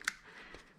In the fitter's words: so you just guide these back in you can hear it click nice and secure